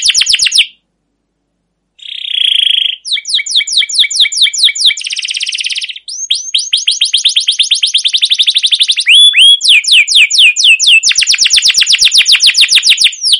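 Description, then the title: Canary alternating buzzy rolls and rattling trills with long, fast runs of repeated sweeping notes and occasional slurred whistles. Long 'gacor' canary song with 'cuit cuit' notes and 'ngerol' rolling trills, used as master lure material to train and prompt other canaries. "CUIT CUIT NGEROL LANGSUNG GACOR PANJANG Kenari Utk Pancingan KENAR. Masteran Suara Burung Kenari Gacor Panjang cuit cuit Ngerol untuk Pancingan Kenari"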